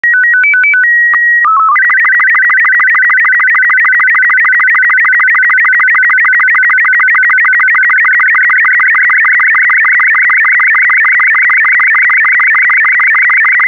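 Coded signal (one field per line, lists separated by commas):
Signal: SSTV (slow-scan television)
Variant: Robot36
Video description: This video has been specially made to be decoded using the SSTV Robot36 format.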